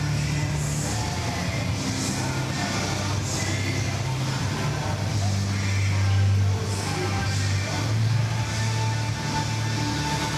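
A walk through Universal Studios Florida, with a steady, dense wash of crowd murmur and a low rumble like a vehicle running underneath. Bursts of brighter hiss and clatter recur every second or so, and a thin tone sounds briefly near the eight-second mark.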